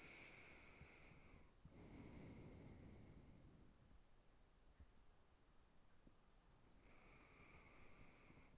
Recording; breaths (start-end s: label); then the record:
nose breathing near a microphone
0.00-1.64 s: inhalation
1.64-3.71 s: exhalation
6.50-8.58 s: inhalation
From the record:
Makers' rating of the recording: good